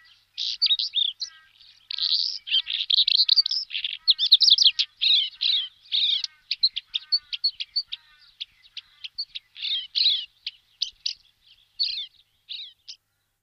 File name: Pticy Evropy - kamenka-pleshanka